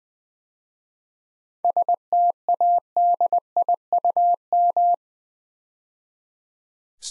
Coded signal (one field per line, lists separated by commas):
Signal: Morse code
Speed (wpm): 20 wpm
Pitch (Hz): 700 Hz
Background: none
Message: STADIUM